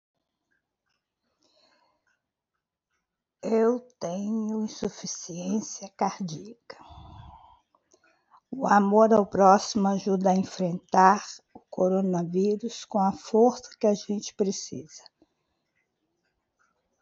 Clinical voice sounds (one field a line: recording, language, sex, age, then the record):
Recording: spoken sentence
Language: Brazilian Portuguese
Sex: female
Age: 70 to 79 years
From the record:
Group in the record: control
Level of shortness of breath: 1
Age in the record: 72 years